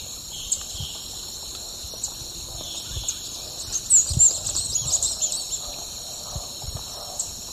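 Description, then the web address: Chestnut-vented conebill giving a brief burst of thin, very high descending notes, set against a constant shrill insect drone and scattered soft ticks. Ecuador. "Birds of Ecuador Chestnut-vented Conebill"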